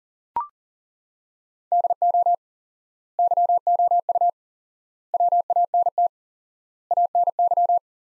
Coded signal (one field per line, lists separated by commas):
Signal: Morse code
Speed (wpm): 40 wpm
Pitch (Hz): 700 Hz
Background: none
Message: DO YOU WANT ANY